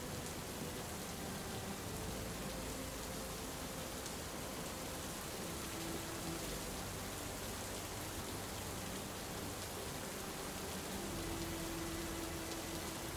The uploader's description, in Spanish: los tonos poderosos de los truenos, los suaves susurros de la lluvia y melodías relajantes